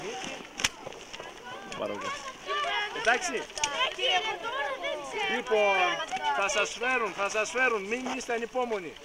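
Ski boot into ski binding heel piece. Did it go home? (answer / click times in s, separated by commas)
yes / 0.7 s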